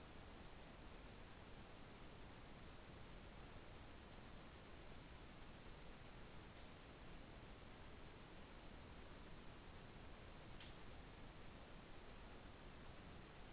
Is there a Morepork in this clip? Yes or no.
no